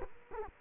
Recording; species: mosquito wingbeat signal from an infrared sensor; Culex quinquefasciatus